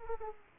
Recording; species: mosquito wingbeat signal from an infrared sensor; Aedes aegypti